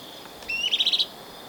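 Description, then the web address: Olive-chested flycatcher song: a brief high note sliding up into a quick run of four or five buzzy, even notes, lasting under a second. Recorded in Ecuador, South America. "S America Birds of Ecuador. Olive-Chested Flycatcher"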